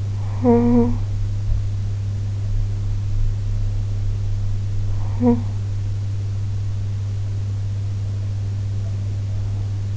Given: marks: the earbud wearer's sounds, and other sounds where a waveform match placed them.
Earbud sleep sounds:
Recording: sounds in sleep by an in-ear microphone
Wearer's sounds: talking in sleep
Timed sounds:
0.00-1.86 s: talking in sleep
4.82-5.98 s: talking in sleep

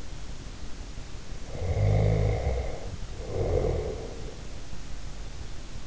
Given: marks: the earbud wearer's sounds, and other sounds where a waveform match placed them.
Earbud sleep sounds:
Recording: sounds in sleep by an in-ear microphone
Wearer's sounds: snoring breath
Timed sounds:
1.55-4.47 s: snoring breath

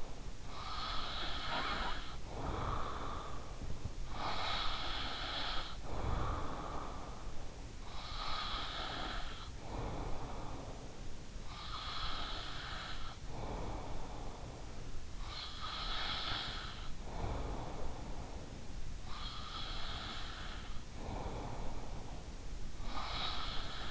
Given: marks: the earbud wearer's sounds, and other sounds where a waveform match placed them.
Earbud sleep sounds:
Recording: sounds in sleep by an in-ear microphone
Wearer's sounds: breath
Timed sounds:
0.00-23.90 s: breath

